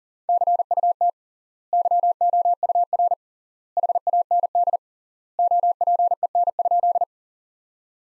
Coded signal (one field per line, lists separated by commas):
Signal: Morse code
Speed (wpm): 37 wpm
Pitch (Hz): 700 Hz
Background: none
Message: CUT YOUR HAND OPEN?